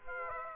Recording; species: mosquito wingbeat signal from an infrared sensor; Aedes aegypti